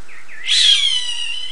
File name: Gavião-Carijó